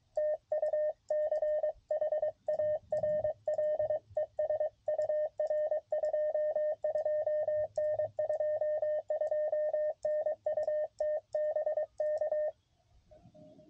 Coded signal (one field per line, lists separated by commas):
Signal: Morse code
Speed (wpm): 23 wpm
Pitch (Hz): 610 Hz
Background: radio noise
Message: TU CHARLES UR 22N 22N UT BK